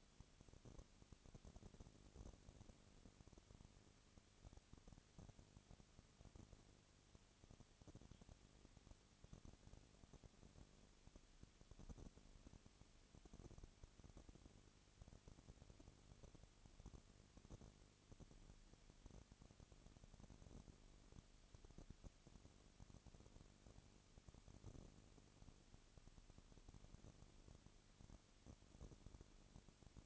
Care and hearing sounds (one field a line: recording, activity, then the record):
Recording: daily activity, microphone in the room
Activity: no activity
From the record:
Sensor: 4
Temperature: 22.3 degrees Celsius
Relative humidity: 32.7%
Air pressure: 1001.9 hPa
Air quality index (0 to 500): 186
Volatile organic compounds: 4 ppm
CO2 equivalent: 1644 ppm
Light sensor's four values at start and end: 2/3/1/1 and 2/3/1/1